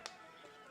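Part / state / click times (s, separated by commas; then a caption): printed extruder part into 3D printer toolhead / seated / 0.1 s. A printed extruder part is centred and pushed into the toolhead of a 3D printer until it snaps into place. A single sharp, bright click is heard at 0.1 s, followed by low steady background noise. The part seats.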